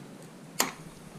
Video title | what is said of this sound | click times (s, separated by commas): How To Replace a High Pressure Fuel Pump ? | There we go, you can hear that clicking sound. | 0.6 s